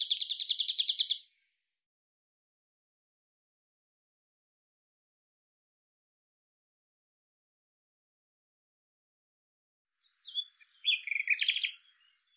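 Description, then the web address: Bird song that opens with a fast, buzzy trill. After a long silence comes a second phrase of high, twittering, varied notes. Audio cleaned and normalized. "Deverinetal 2025"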